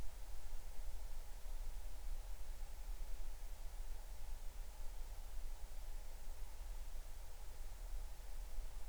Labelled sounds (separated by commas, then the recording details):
near silence
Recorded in the Arctic National Wildlife Refuge, Alaska, on 20 July 2019 at 03:11
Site 38